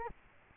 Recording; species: mosquito wingbeat signal from an infrared sensor; Culex quinquefasciatus